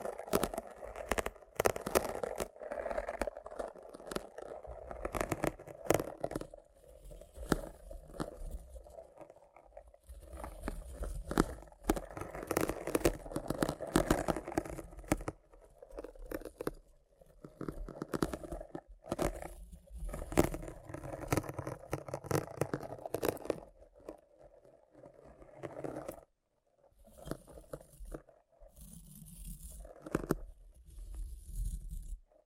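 Rough brain cleaning and picking: wet tearing, crunching and crinkling handling noises come in dense, irregular bursts throughout. Activity pauses briefly around 7, 10 and 26 seconds, then resumes with scraping, squelching clusters and sharp crackly snaps.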